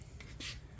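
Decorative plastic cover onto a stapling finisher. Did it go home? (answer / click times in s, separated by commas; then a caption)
no / none. A decorative plastic cover is handled and hooked onto the back of a Toshiba MJ1111/MJ1112 stapling finisher. Soft rubbing and scraping of plastic is heard, with a brief tick near 0.2 s and a louder brushing hiss around 0.4–0.5 s. Nothing has seated or clicked yet.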